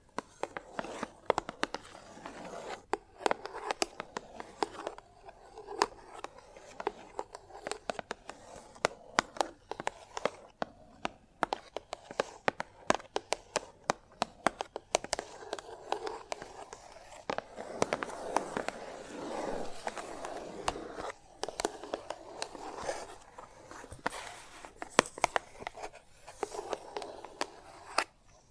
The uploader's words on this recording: ASMR The Best Kind of Chalk Sounds Tapping, Scratching, Carving etc (No Talking).